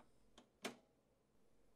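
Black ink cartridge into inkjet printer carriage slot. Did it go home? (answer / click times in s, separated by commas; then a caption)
yes / 0.6 s. A black ink cartridge is slid into its slot in the carriage of an HP Deskjet 2545 inkjet printer and pushed until it snaps into place. A faint tick at 0.4 s is followed by a sharp snap at 0.7 s as the cartridge seats, then quiet.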